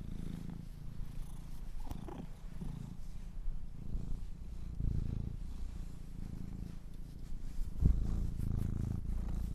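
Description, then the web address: Domestic cat purring softly, a quiet steady low drone pulsing with breaths, one sharp click near the end. Kittens purring. "sleepandrelaxasmr - The Purring Kittens"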